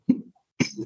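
Two brief, abrupt cough-like bursts about half a second apart from an adult man: a vocal tic of Tourette syndrome, in a family where tic disorders are common.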